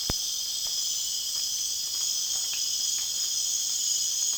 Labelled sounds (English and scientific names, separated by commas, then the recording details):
none
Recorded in dense forest near Puerto Asís, Putumayo, Colombia, on 19 June 2025 at 19:30
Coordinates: 0.466, -76.327
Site GP04